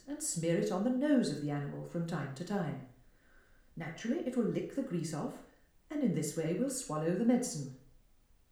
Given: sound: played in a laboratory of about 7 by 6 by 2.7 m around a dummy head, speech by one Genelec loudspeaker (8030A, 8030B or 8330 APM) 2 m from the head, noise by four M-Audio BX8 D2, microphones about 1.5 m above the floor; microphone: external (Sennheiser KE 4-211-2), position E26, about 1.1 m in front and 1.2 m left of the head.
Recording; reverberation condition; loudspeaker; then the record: female speech in English; medium; 90 degrees to the left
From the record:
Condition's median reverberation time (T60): about 510 ms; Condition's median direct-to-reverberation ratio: about -0.5 dB